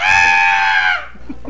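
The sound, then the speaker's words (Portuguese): A voice imitates a loud, high-pitched scream, one sustained shrill cry held for about a second before it breaks off and trails into quiet. “De madrugada, um grito alto vem do quarto escuro.”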